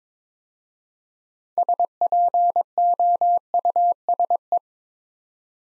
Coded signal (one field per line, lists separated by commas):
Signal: Morse code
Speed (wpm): 22 wpm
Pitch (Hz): 700 Hz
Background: none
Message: SPOUSE